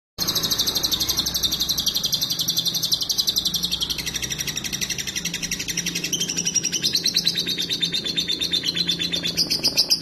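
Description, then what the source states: Lovebird calls: a steady torrent of sharp, high chirps repeated several times a second throughout, with faint low background hum. Konslet song type.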